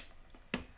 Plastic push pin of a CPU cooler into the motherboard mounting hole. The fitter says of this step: and they make a nice little click sound do that for all of them then you may want to just give them another final push to make sure they're in